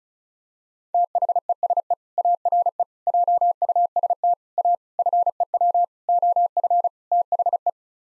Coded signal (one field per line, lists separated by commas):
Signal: Morse code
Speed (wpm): 34 wpm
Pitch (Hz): 700 Hz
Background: none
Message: THESE ARE JUST A FEW OF THE